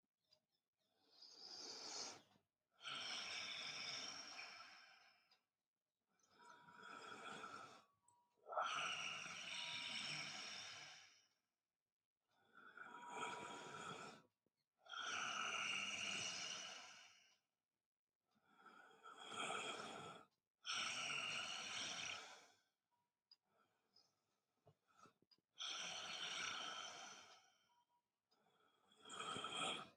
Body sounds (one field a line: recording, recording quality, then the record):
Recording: deep breathing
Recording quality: excellent, no background noise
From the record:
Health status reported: healthy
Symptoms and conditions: none ticked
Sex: male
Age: 37 years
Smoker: yes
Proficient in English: yes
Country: India